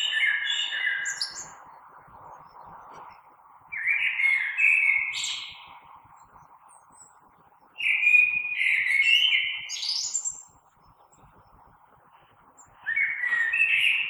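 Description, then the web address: Common blackbird singing four warbled phrases with high screechy endings, separated by quiet gaps of two to three seconds. Recorded 3 March 2020. "oiseaux Merle 2020 03 03"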